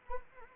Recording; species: mosquito wingbeat signal from an infrared sensor; Anopheles arabiensis